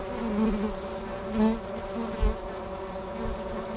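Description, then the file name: Honey bees fanning, a steady layered hum with tonal bands and a few brief louder swells. Fanning on top of a hive cover, dated 07 02 2019. "Bees Fanning On A Top Of A Bee Hive Cover 07 02 2019"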